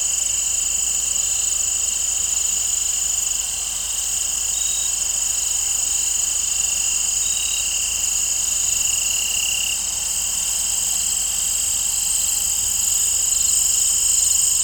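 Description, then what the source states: Crickets chirp in a constant shrill chorus, joined by a few short notes and a brief louder trill near the middle. In an open field.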